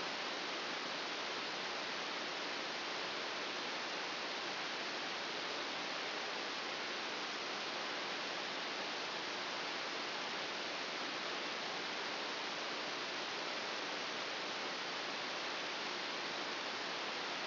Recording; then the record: brain microelectrode recording played as sound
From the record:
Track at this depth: inside the subthalamic nucleus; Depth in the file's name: 1.005 mm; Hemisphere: right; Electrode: 2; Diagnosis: Parkinson's disease